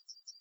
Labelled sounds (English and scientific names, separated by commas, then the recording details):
Yellowhammer (Emberiza citrinella) song
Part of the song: start
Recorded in the Czech Republic on 13 May 2015
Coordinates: 50.011, 16.208
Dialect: BE
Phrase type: E31
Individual ch010